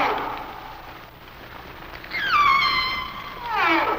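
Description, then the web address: Humpback whale song with a rich, harmonic downward-gliding whistle that holds steady, followed by a quick series of descending sweeps, over light hiss. "Whale Songs Sounds of Nature - Humpback Whales"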